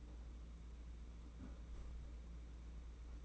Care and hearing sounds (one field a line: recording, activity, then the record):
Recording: daily activity, microphone in the room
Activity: close fridge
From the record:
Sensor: 1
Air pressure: 991.9 hPa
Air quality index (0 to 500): 205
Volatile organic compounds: 1000 ppm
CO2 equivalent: 7933 ppm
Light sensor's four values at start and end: 29/102/39/40 and 29/102/39/39